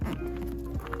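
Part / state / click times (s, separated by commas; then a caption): sliding lid latch on a campervan toilet cassette / not seated / none. The plastic sliding lid of a campervan toilet cassette in a Sunlight A72 is being slid across toward the end of its travel, where a push should make the latch click to show the lid is in correctly. Low thumps and a steady mid-pitched hum are heard, with a brief sharp transient near 0.9 s. Nothing has seated or clicked yet; the lid is still being handled.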